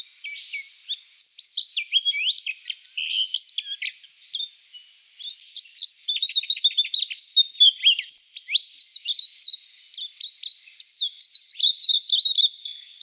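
Silvereye song, a long rambling jumble of high twittering, chirps and slurred whistles, pausing briefly midway, then a denser, louder stretch of quick notes.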